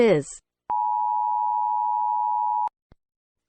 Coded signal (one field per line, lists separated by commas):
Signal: Emergency Alert System (SAME) tones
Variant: 853 and 960 Hz attention tone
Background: speech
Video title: Eas Sanrio-melon playground- Mark Cliff